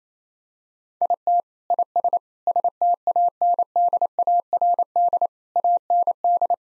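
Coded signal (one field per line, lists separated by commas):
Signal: Morse code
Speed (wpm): 28 wpm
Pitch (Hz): 700 Hz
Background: none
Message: IT IS STANDARD AND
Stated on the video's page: Morse code practice at 28 wpm of sentences from the top 1000 words, each sent, spoken, then sent again.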